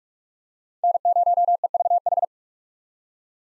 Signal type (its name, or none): Morse code